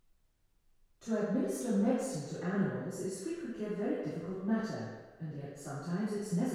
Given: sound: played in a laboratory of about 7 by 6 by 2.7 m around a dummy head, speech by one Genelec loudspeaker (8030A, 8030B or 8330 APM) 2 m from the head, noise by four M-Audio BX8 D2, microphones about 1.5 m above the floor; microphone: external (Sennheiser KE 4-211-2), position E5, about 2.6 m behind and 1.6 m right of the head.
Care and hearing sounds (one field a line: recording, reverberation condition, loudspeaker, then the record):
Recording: female speech in English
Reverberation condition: high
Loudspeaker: behind (180 degrees)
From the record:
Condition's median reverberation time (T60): about 1300 ms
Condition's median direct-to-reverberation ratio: about -4.0 dB